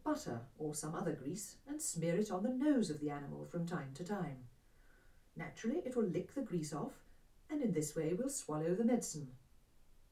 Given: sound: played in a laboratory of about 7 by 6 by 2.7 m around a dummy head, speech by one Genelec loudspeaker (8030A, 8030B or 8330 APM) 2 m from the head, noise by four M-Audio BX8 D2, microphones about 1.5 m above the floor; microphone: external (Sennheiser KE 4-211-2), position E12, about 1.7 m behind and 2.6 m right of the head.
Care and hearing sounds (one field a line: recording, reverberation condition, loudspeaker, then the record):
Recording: female speech in English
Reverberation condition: low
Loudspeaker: 30 degrees to the left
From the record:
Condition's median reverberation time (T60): about 310 ms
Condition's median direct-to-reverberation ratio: about 3.5 dB